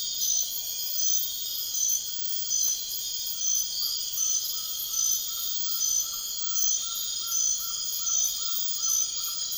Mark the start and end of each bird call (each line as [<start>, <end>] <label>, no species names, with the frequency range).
[3.77, 9.58] bird call (0.7-1.7 kHz)